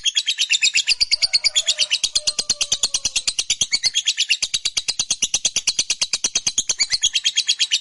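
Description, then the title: Lovebird in a sustained fast chatter of high buzzy pulses repeated steadily throughout. Fighter-type lovebird giving a long chattering call. "Suara Lovebird FIGHTER NGEKEK PANJANG"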